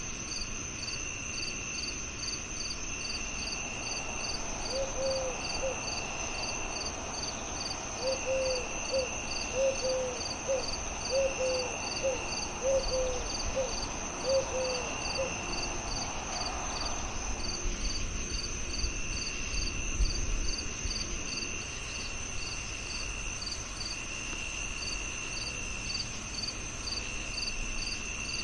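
Crickets sing in a dense, steady chorus, with a high continuous trill over a fast pulsing chirp and a lower trill that comes and goes. From about four to seventeen seconds, a soft run of short, evenly spaced calls sounds over a low, constant murmur.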